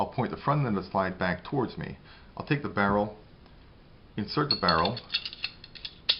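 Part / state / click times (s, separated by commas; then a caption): pistol barrel into slide / seated / 6.1 s. Someone talks while reassembling a Springfield XDS/XD pistol, inserting the barrel back into the slide. Light handling sounds follow, then a sharp mechanical click at 6.1 s as the barrel seats in the slide.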